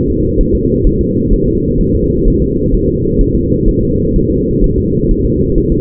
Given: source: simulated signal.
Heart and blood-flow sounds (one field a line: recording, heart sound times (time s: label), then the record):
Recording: fetal heart sounds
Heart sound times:
0.10 s: S2
0.41 s: S1
0.55 s: S2
0.87 s: S1
1.01 s: S2
1.34 s: S1
1.48 s: S2
1.81 s: S1
1.95 s: S2
2.28 s: S1
2.42 s: S2
2.74 s: S1
2.89 s: S2
3.21 s: S1
3.35 s: S2
3.69 s: S1
3.83 s: S2
4.16 s: S1
4.30 s: S2
4.64 s: S1
4.78 s: S2
5.11 s: S1
5.25 s: S2
5.58 s: S1
5.72 s: S2
From the record:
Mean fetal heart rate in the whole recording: 130 bpm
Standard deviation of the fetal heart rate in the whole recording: 4 bpm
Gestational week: 38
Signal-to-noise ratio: -10.2 dB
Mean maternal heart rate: 72 bpm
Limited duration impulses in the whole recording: present